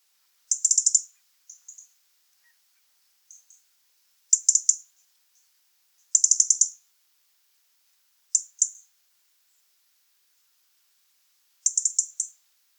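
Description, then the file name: European robin giving very high, rapid ticking bursts, short clusters of clicks repeated every few seconds, with silence between. "Erithacus rubecula"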